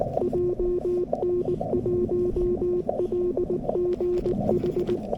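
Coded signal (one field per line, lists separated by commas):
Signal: Morse code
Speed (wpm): 19 wpm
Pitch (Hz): 360 Hz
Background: radio noise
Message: JN1LGH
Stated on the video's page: 40m CW summit activation, Yaesu FTX-1F at 5W QRP, 13m long wire antenna, keyed with a GHD straight key.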